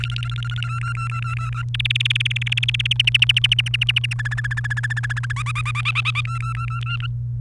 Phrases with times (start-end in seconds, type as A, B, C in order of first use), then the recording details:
0.00-0.61 A, 0.62-1.62 B, 1.74-2.93 C, 2.99-4.14 D, 4.19-5.32 E, 5.36-6.21 F, 6.25-7.07 B. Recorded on 29 April 2018 at 16:05. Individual llb3